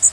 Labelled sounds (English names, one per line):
Blackburnian Warbler flight call